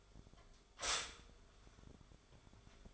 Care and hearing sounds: daily activity, microphone in the room; stop toaster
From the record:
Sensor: 5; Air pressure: 1014.8 hPa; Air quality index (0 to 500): 204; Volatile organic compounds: 9 ppm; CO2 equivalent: 2172 ppm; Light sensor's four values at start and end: 15/35/13/12 and 15/34/13/12

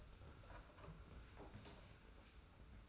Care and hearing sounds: daily activity, microphone in the room; open door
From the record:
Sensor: 2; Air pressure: 991.5 hPa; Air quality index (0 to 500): 146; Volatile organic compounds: 360 ppm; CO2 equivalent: 4602 ppm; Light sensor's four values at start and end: 31/93/36/34 and 31/93/36/34

